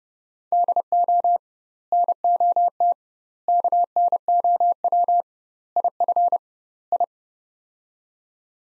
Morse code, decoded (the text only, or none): DO NOT KNOW IF I